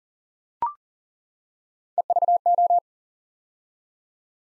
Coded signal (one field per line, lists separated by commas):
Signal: Morse code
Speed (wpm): 39 wpm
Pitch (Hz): 700 Hz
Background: none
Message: EVO